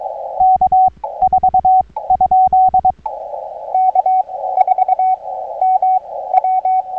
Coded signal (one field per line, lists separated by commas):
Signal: Morse code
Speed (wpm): 23 wpm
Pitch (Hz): 750 Hz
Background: radio noise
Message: K4? K4MW